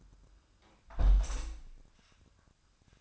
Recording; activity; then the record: daily activity, microphone in the room; close window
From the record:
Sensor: 2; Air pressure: 1004.4 hPa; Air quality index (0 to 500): 92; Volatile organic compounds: 2 ppm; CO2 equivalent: 1106 ppm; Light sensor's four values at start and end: 6/14/6/6 and 6/14/5/6